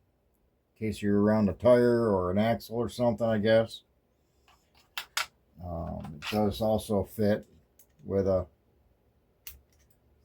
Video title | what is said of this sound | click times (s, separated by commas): STREBITO New to Me Bit Driver set. | solid click. Yeah, fairly solid click on the | 9.5 s